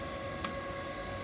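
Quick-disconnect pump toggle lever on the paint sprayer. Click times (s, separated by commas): 0.5 s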